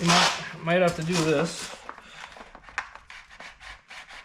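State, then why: Seated. Someone talks as the plastic recoil starter housing of a Stihl HT 56 C string trimmer, fitted with a new pull rope, is pressed back onto the engine, with the rope pulled slightly so the starter pawls engage the cogs. After a few scraping and tapping sounds, the housing snaps into place with a sharp click at 2.8 s, seated.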